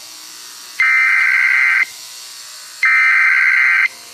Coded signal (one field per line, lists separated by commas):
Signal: Emergency Alert System (SAME) tones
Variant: header bursts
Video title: Canadá eas alarm 1990 🇨🇦